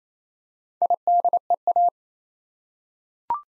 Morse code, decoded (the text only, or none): IDEA